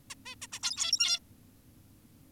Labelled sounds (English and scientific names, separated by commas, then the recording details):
Zebra Finch (Taeniopygia guttata)
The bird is an adult
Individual g17y2U